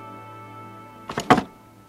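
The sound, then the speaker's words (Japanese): A brief wooden clatter as a nearby chair gets bumped by someone sitting up, two or three quick knocks bunched together, fairly loud against a quiet, humming background. “体を起こした時にそばの椅子にぶつかったらしい。カタッというその音で僕の金縛りは解けた。”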